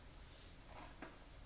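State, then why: Partly seated. An automatic transmission torque converter is spun onto the transmission input shaft, steel on steel, to seat it through three engagement clicks. After a quiet stretch of low rumbling, one sharp metallic click sounds at 1.0 s as it drops another spline stage. It is not yet fully home.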